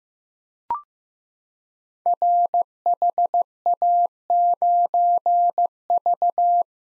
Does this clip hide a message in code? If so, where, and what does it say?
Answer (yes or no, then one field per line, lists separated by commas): yes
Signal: Morse code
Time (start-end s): 2.1-6.6 s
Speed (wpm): 15 wpm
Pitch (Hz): 700 Hz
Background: none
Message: RHA9V